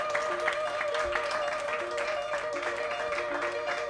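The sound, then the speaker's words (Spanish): An audience applauds steadily for Radio Filispín, a free community radio station, a dense, even wash of many hands clapping at a constant loudness for several seconds, with a faint sustained tone humming underneath. “Un aplauso para a Radio Comunitaria.”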